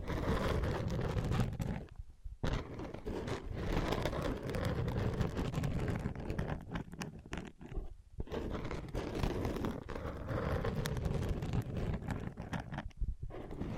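Ear pads are scratched, tapped and traced, giving a dense, rustling, rumbling friction that fills most of the clip. The scratching runs almost continuously, with brief pauses near 2, 8 and 13 seconds and quick tapping flickers scattered throughout.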